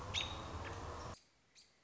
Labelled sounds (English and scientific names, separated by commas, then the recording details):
American Robin (Turdus migratorius)
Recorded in Sonoma County, California